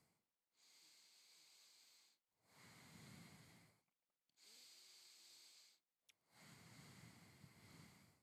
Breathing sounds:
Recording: nose breathing near a microphone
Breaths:
0.00-0.45 s: exhalation
0.45-2.25 s: inhalation
2.25-4.20 s: exhalation
4.20-5.90 s: inhalation
5.90-8.20 s: exhalation
From the record:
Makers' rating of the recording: medium

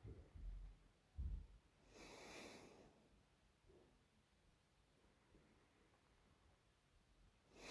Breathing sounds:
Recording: nose breathing near a microphone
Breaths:
0.00-1.42 s: inhalation
1.42-2.93 s: exhalation
4.90-7.15 s: inhalation
7.15-7.71 s: exhalation
From the record:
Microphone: phone

